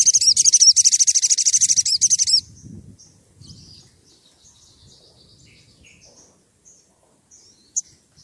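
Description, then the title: Oriental magpie-robin song: a dense two-second stream of rapid, high, buzzy notes, then faint scattered chirps and one sharp note near the end. Gacor (actively singing) bird; recording used as a lure to provoke other magpie-robins into answering. "Pancingan Suara Siulan Kacer Gacor Untuk Memancing Kacer Lain Agar Mau Nyaut Bunyi"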